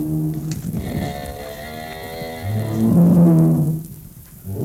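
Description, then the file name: Bull bellowing: a long, deep, harmonic moo through most, swelling louder in its later part before fading. "Stier Sound Cloud Beeld en Geluid"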